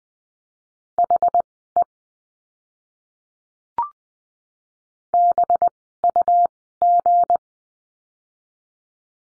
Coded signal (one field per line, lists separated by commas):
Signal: Morse code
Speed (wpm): 19 wpm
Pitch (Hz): 700 Hz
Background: none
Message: HE BUG